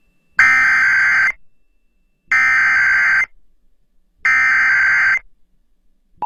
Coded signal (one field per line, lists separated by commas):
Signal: Emergency Alert System (SAME) tones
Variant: header bursts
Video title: EAS Winter Storm Warning Lake Erie and Northwestern Pennsylvania NOAA Weather Radio